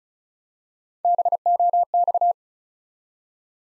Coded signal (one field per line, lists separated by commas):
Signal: Morse code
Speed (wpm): 36 wpm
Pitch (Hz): 700 Hz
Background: none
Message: BOX